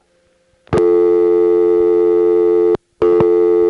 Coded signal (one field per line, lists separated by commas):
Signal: telephone call progress tone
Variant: North America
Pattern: dial tone